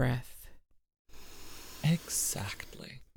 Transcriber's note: takes a breath